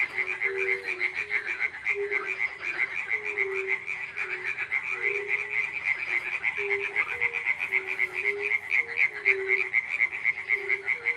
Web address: zvuki zhivoy prirody vesenniy prud kvakushki i ptitsa gamayun